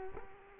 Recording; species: mosquito wingbeat signal from an infrared sensor; Culex quinquefasciatus